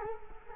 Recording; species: mosquito wingbeat signal from an infrared sensor; Culex quinquefasciatus